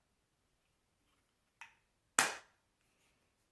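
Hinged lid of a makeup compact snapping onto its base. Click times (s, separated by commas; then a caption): 2.2 s. The plastic hinged lid of a makeup compact is closed onto its base, with a soft tap at 1.6 s before it snaps shut with a sharp, satisfying click at 2.2 s. The lid is seated and closed.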